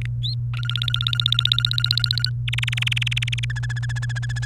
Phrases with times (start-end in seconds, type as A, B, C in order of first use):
0.01-0.06 A, 0.23-0.34 B, 0.54-2.30 C, 2.48-3.45 D, 3.50-4.45 E